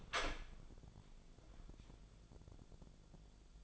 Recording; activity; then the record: daily activity, microphone in the room; open door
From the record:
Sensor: 5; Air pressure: 1000.5 hPa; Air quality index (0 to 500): 152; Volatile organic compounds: 2 ppm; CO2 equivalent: 1173 ppm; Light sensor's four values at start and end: 48/113/47/50 and 48/113/47/50